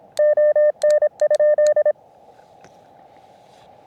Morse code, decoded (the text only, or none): ON?